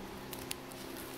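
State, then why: Seated. A fuel injector on a GM 3.6 LFX V6 from a 9th-generation Impala is twisted into its fuel rail cup, with a standoff getting in the way. Two sharp clicks sound at 0.3 s and 0.5 s over a steady low hum as the injector snaps in and seats in the rail.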